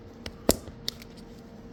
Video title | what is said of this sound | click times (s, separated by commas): 23.5+ Road Glide inner fairing speaker grills installation video | So what you want to do is you want it until you get an audible click and it clips down in there, and tug on it a little bit, make sure it stays on there. | 0.5 s, 0.9 s